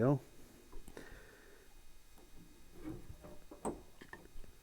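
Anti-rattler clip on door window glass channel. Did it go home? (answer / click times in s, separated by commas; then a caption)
yes / 3.6 s, 4.1 s. An anti-rattler clip is pushed onto the door window glass channel of a 1974 Bronco driver door while someone talks. It snaps into place with sharp clicks at 3.6 s and 4.1 s, seating the clip.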